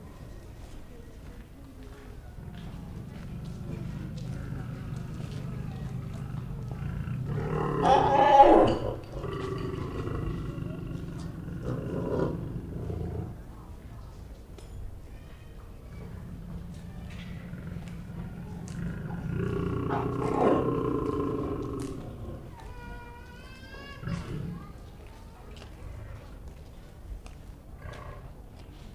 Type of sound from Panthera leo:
call